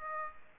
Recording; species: mosquito wingbeat signal from an infrared sensor; Aedes aegypti